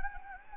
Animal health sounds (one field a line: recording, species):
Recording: mosquito wingbeat signal from an infrared sensor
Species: Anopheles gambiae